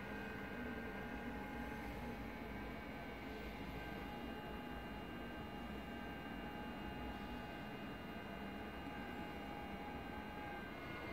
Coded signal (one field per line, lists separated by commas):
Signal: FT8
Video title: OX3HI, Greenland, 7MHz, FT8, Worked by HL2WA